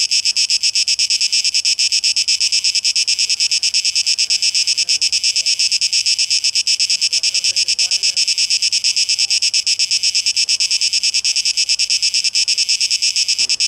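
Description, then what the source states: Cicadas buzzing in a dense, high, rasping drone that pulses rapidly. 12 August 2023; tape echo mix.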